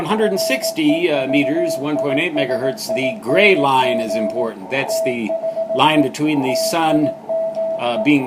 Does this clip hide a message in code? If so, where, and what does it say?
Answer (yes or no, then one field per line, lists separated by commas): yes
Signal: Morse code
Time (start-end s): 0.2-8.0 s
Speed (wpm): 17 wpm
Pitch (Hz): 650 Hz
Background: speech, music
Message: REVISING THE TIME